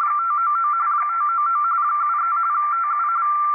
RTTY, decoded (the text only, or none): 599 599 73 TU